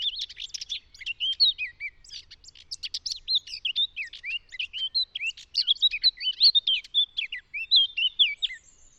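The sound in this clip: Eurasian Blackcap song, fast scratchy twittering mixed with clear, loud, fluty whistled phrases.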